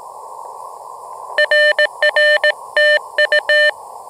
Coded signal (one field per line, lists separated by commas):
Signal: Morse code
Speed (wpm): 18 wpm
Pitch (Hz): 1800 Hz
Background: none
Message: RR TU